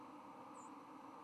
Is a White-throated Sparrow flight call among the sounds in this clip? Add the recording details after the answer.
no. Another species' flight call is heard. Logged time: 02:18 on 10 November 2014